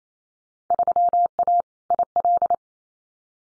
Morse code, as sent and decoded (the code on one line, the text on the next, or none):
...-- .- / .. .-..
3A IL